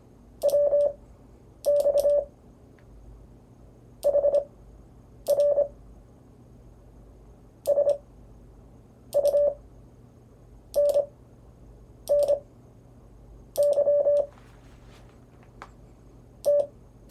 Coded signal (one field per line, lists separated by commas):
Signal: Morse code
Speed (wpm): 25 wpm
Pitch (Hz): 580 Hz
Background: none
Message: WX HR SUNNY T